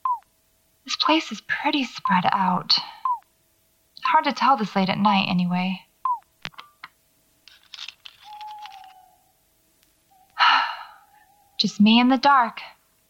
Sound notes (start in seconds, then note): 5.8 beeping stops; 8.2 bird noise in distance; 10.3 sigh